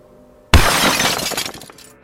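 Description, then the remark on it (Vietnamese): A sudden loud impact as an object hit by a moving car smashes into the car's windshield glass at about half a second, followed by a bright crackling shatter and scattered tinkling fragments that thin out and fade over the next second and a half. “Cái chóp đầu loa xoa đập thẳng vào cửa kính.”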